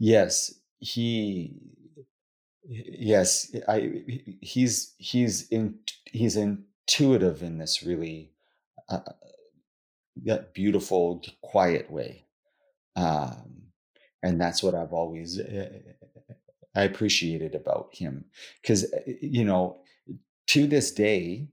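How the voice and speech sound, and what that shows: Adult male speaker who stutters: slow, halting speech with a word repeated several times, drawn-out sounds and long silent gaps between phrases.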